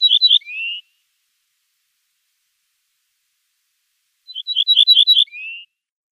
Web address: Schulze Peter Ortolan Bunting song